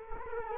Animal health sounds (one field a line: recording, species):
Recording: mosquito wingbeat signal from an infrared sensor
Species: Culex quinquefasciatus